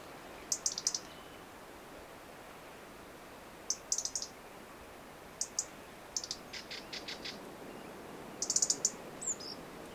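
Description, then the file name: European robin calls: clusters of short, high, dry clicks at irregular intervals, with a brief run of rapid thin clicks midway, over constant hiss. "Erithacus rubecula"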